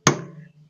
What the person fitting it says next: All right. Hear the click. You're at 100 lb.